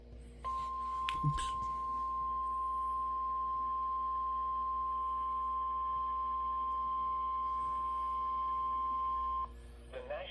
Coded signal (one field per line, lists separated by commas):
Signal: Emergency Alert System (SAME) tones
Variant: 1050 Hz attention tone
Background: speech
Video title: A severe weather night in central Ohio with EAS Alerts